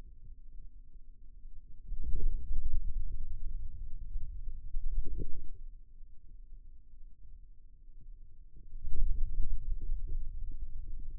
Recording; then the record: forearm muscle sounds (acoustic myography)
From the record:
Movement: wrist extension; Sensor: system 2, bracelet of six BSWA MPA416 microphones around the upper forearm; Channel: 2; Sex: male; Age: 22 years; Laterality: right